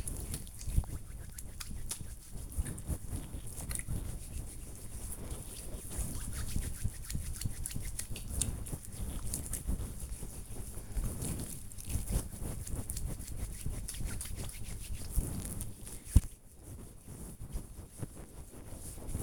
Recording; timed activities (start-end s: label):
household activities, microphone on the right wrist
0.00-19.23 s: disinfecting hands